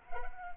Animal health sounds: mosquito wingbeat signal from an infrared sensor; Culex pipiens

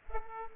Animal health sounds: mosquito wingbeat signal from an infrared sensor; Culex pipiens

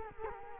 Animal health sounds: mosquito wingbeat signal from an infrared sensor; Culex quinquefasciatus

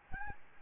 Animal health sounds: mosquito wingbeat signal from an infrared sensor; Aedes albopictus

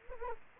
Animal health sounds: mosquito wingbeat signal from an infrared sensor; Anopheles gambiae

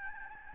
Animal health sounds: mosquito wingbeat signal from an infrared sensor; Aedes albopictus

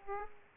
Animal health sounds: mosquito wingbeat signal from an infrared sensor; Aedes aegypti

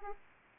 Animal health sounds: mosquito wingbeat signal from an infrared sensor; Aedes aegypti

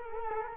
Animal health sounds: mosquito wingbeat signal from an infrared sensor; Culex quinquefasciatus

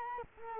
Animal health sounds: mosquito wingbeat signal from an infrared sensor; Culex quinquefasciatus

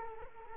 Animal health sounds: mosquito wingbeat signal from an infrared sensor; Culex quinquefasciatus

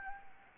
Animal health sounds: mosquito wingbeat signal from an infrared sensor; Anopheles arabiensis

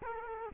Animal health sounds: mosquito wingbeat signal from an infrared sensor; Culex quinquefasciatus

